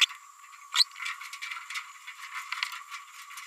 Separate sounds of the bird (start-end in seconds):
0.01-0.05, 0.75-0.85